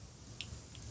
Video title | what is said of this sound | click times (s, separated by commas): Vintage~ Honda Harmony Revival / Complete Tune-Up & Service - How-To / Carb/Valves Lash/Ignition/Oil | you may have to kind of pull it in until it sort of snaps in or just you know locks into place done there and | 0.4 s